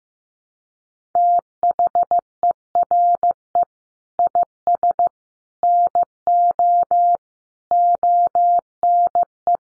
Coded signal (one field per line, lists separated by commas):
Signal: Morse code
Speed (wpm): 15 wpm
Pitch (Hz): 700 Hz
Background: none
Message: THERE IS NO ONE